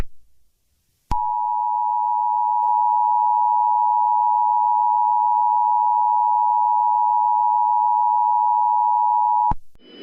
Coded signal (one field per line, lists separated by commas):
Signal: Emergency Alert System (SAME) tones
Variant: 853 and 960 Hz attention tone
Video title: EAS Scenario: The Blood Moon Nightmare #easscenario #bloodmoon